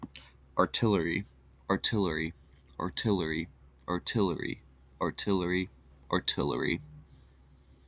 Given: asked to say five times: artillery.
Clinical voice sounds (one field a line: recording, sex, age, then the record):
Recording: repeated word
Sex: male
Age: 20 to 29 years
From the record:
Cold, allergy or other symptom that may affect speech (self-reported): no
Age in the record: 24 years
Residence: Pennsylvania, United States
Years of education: 16